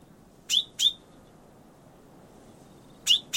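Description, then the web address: Bird calling two quick high chips, a pause of over two seconds, then another pair, against a steady low background noise. "Bird Only"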